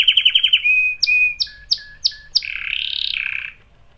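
Canary song: a quick pulsed trill and a steady whistle, then five sharp chirps, ending in a dense buzzy rolling tour.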